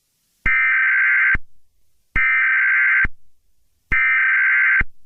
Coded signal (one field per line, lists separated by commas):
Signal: Emergency Alert System (SAME) tones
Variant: header bursts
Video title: EAS Scenario- The Town Where Nothing Happens